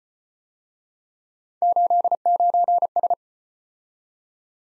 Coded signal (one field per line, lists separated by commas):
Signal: Morse code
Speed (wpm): 35 wpm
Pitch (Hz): 700 Hz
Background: none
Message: 89S